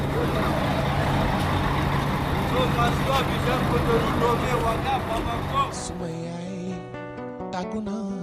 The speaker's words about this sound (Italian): L'orologio segna le 3 e la notte, a fine gennaio, è particolarmente fredda. Decine di persone si accalcano attorno agli autobus in partenza mentre gli addetti della stazione chiamano le destinazioni.